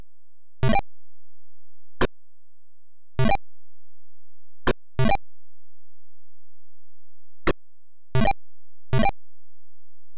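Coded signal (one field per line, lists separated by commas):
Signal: none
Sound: game sound effects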